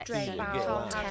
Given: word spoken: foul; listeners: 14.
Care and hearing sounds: one English word in noise, from a listening test; four-talker babble; -2.1 dB; 0 of 14; 8 of 14; 0.71 s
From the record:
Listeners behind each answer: 8, 2, 1, 1, 1, 1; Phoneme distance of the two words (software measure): 37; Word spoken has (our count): 1 syllable, 3 phonemes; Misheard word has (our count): 1 syllable, 4 phonemes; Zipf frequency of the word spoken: 4.03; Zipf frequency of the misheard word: 4.04

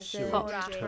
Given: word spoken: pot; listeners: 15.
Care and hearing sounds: one English word in noise, from a listening test; four-talker babble; -0.8 dB; 0 of 15; 7 of 15; 0.48 s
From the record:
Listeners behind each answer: 7, 2, 2, 1, 1, 1, 1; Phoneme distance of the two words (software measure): 10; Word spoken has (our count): 1 syllable, 3 phonemes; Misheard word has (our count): 1 syllable, 3 phonemes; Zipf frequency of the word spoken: 4.76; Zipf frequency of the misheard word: 5.14

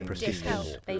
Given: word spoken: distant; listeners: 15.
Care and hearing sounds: one English word in noise, from a listening test; four-talker babble; -2.3 dB; 0 of 15; 6 of 15; 0.60 s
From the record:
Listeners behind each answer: 6, 3, 1, 1, 1, 1, 1, 1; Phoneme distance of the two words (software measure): 61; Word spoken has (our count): 2 syllables, 7 phonemes, stress on syllable 1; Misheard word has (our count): 2 syllables, 6 phonemes, stress on syllable 2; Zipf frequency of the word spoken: 4.02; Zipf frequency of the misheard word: 3.86

